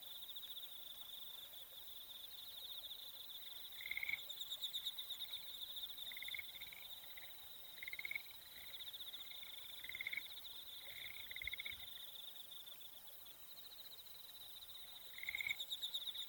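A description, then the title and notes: Insects chirp steadily at night, a dense, high continuous buzz with a shriller layer shimmering above it. Brighter chirping bursts pulse in on top at about 4, 6 to 8, 10 to 12 and 15 seconds, over a faint low rumble. Insects chirping at night. Cicadas and insects.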